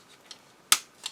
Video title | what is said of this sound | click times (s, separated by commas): Number Robot Review part 2 | clicks into place you can hear it like that | 0.7 s